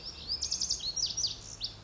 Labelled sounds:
Lazuli Bunting (Passerina amoena)
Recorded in Sonoma County, California

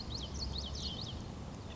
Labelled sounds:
Common Yellowthroat (Geothlypis trichas)
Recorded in Sonoma County, California

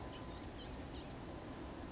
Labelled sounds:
Blue-gray Gnatcatcher (Polioptila caerulea)
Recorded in Sonoma County, California

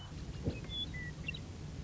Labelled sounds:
Western Meadowlark (Sturnella neglecta)
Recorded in Sonoma County, California

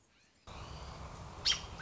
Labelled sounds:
American Robin (Turdus migratorius)
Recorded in Sonoma County, California

